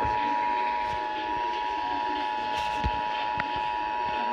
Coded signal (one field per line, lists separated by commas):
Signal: Emergency Alert System (SAME) tones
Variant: 853 and 960 Hz attention tone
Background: speech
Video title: EAS #194 Required Monthly Test